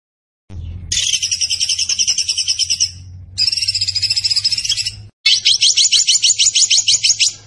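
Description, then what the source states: Zebra finch song: three loud, high, buzzy trilled phrases of a few seconds each, over a low steady hum. Master recording for training cage birds; the bird is described as gacor (singing constantly).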